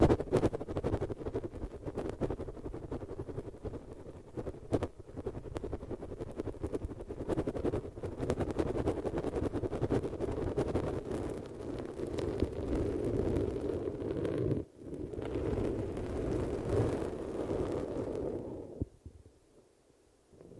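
A dense, rumbling rush of noise, heaviest in the low and middle range, with many quick crackling pulses running through it. It holds steady for most of the clip, breaks briefly around fifteen seconds, then fades out near nineteen seconds.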